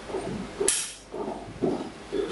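A mock-up muzzle brake-compensator is screwed onto the barrel thread while its spring detent pin is pressed down. The pin snaps into its groove with a sharp click at 0.7 s, cutting through low rumbling noise. It is not screwed all the way on, but the pin is fully seated in the groove.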